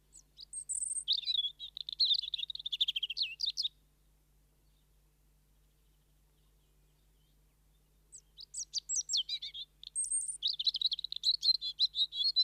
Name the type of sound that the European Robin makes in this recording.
song